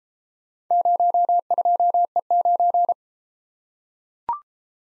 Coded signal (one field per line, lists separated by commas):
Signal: Morse code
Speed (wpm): 32 wpm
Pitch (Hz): 700 Hz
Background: none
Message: 02E9